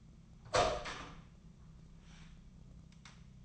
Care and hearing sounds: daily activity, microphone in the room; open door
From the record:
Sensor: 1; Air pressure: 1005.0 hPa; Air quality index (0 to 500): 84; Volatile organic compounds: 2 ppm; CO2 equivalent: 1140 ppm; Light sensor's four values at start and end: 10/24/9/10 and 10/24/9/10

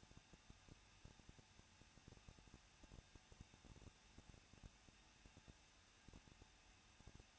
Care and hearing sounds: daily activity, microphone in the room; no activity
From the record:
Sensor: 2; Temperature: 21.0 degrees Celsius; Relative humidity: 37.4%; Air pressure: 1006.2 hPa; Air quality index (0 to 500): 222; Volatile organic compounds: 24 ppm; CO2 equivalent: 2809 ppm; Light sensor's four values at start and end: 2/3/2/2 and 2/3/2/2

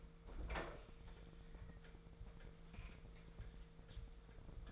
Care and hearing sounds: daily activity, microphone in the room; open fridge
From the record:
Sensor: 5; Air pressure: 1015.0 hPa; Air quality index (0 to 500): 182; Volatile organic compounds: 7 ppm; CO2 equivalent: 2005 ppm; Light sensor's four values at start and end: 46/105/44/45 and 49/113/47/50

